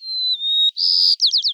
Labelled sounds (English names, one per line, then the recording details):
White-crowned Sparrow song
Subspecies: nuttalli
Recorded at Gualala, California, in 2014
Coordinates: 38.758, -123.527
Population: north
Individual GUA_male4_14